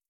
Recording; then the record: hydrophone in a shrimp aquaculture tank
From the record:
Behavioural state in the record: starved